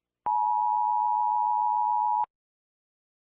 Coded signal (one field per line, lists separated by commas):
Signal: Emergency Alert System (SAME) tones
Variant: 853 and 960 Hz attention tone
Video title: EAS Simulation: The End Of the World